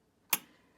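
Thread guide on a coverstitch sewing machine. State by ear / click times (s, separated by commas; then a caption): seated / 0.3 s. On a Janome Cover Pro 1000 CPX coverstitch sewing machine, a plastic thread guide is pushed back while the thread tail is held up at the top, and it snaps into place. A single sharp, bright click sounds at 0.3 s and decays quickly against near-silence. The thread guide is seated.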